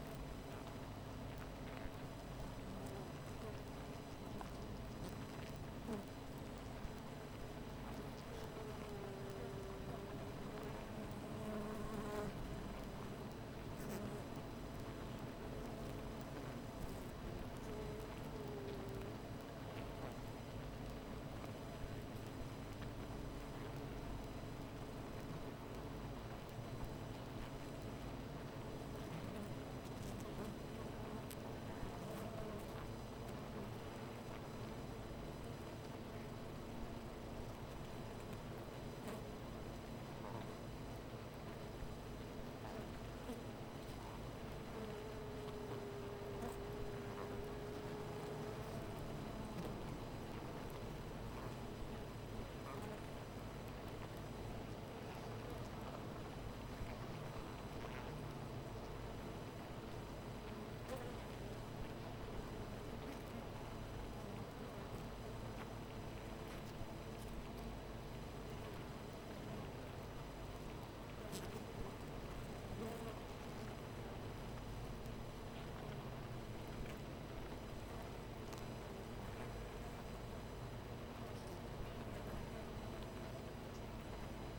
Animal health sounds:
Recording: honeybee colony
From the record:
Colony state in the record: missing queen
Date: 14 July 2017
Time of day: 12:50

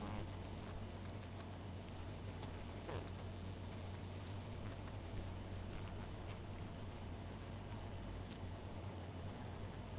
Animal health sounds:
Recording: honeybee colony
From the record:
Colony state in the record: missing queen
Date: 14 July 2017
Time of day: 0:58

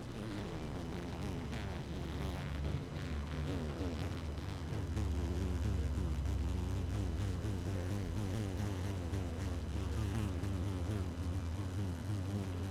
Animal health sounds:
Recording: honeybee colony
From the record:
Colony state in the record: active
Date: 12 June 2018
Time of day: 5:01

